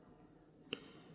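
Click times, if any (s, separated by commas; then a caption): 0.7 s. A golden Delica glass seed bead, threaded under the same thread as the previous row, is put in place and the thread is pulled until it settles into the brick stitch beadwork row. A single short, sharp click is heard at 0.7 s over quiet background, and the bead is seated in the row.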